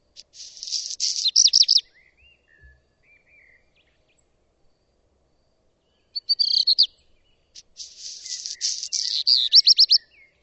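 Bird song: high buzzy phrases with runs of sharp repeated notes, in three bursts with quiet gaps between.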